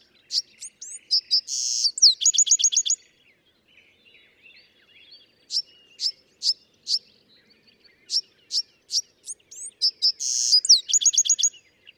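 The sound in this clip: Bewick's wren, song phrases: quick high notes, a buzzy smear and a bright fast trill, with short silences, the phrase returning near the end.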